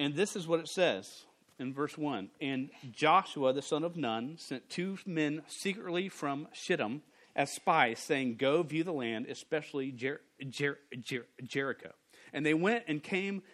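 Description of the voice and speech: A man reads scripture aloud and stutters, repeating the first sound of "Jericho" several times before getting the word out.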